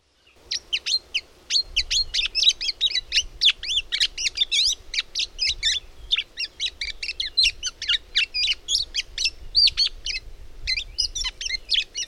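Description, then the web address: Bird chattering rapidly with dense, continuous sharp clicking and chipping notes throughout, with only a short pause near the end. "madarak enek"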